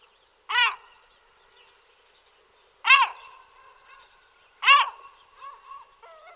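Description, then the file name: European herring gull yelps: three loud, sharp 'kyow' notes spaced about two seconds apart, each followed by softer trailing calls. "racek-stříbřitý"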